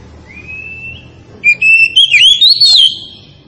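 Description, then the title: Oriental magpie-robin song, a long soft rising whistle followed by a short burst of loud sweeping, warbled notes. Tretes variety, in full song. "Kacer Tretes Gacor"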